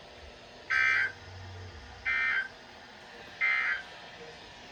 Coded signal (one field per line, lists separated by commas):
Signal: Emergency Alert System (SAME) tones